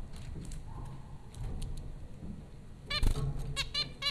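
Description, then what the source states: Zebra finch calls: faint notes at first, then a quick burst of louder nasal calls repeated several times near the end. Zebra finches recorded by Dan Bodah at Popcorn School, Flatbush, Brooklyn, New York, USA, April 15, 2009.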